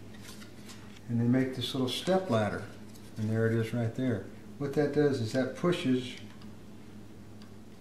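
Someone talks while a plastic tunnel entrance is positioned and pushed onto the neck of a Troyer vertical Purple Martin birdhouse gourd, lining it up over the opening. Only a few faint ticks come through near 6.4 s and 7.4 s; the tunnel has not clicked into place yet.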